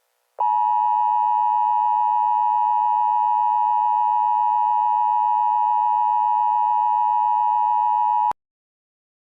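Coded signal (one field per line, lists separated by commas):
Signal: Emergency Alert System (SAME) tones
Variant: 853 and 960 Hz attention tone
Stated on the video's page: Fictional EAS scenario about a San Andreas Fault earthquake.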